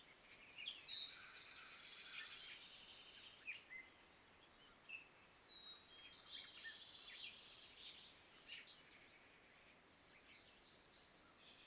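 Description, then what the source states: Golden-winged warbler calling twice, each a drawn-out high buzz followed by four rapid buzzy notes, with faint soft chips and ticks in the pause between. Female.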